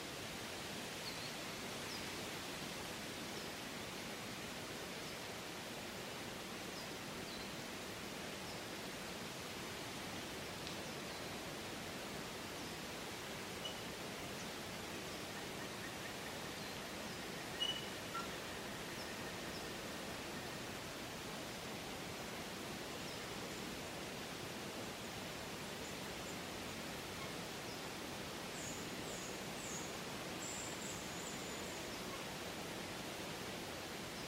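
Autumn wind rushes through rustling leaves in a dense, unbroken hiss that holds an even level throughout. The sound is full, with no gusts or pauses, and a few faint high chirps flicker near the end.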